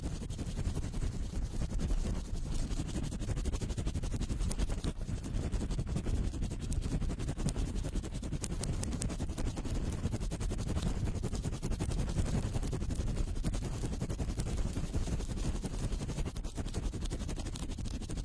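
Fast, vigorous ear cleaning, a steady dense rush of crackling and scraping over a deep rumble that never pauses.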